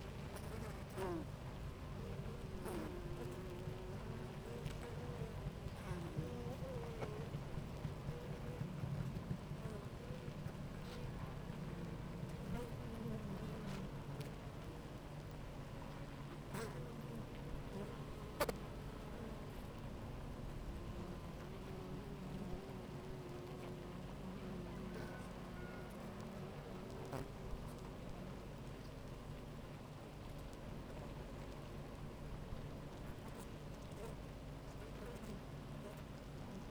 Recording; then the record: honeybee colony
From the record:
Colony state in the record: active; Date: 28 July 2017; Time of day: 9:35